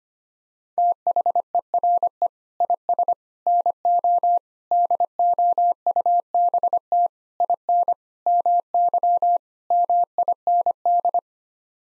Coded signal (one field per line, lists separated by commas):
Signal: Morse code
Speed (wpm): 25 wpm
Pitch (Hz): 700 Hz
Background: none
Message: THERE IS NO DOUBT IN MY MIND